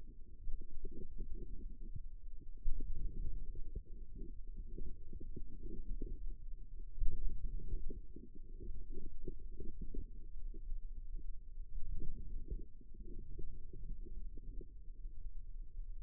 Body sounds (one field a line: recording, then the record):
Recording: forearm muscle sounds (acoustic myography)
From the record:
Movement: outward rotation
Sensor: system 2, bracelet of six BSWA MPA416 microphones around the upper forearm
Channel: 3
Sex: female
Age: 22 years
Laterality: right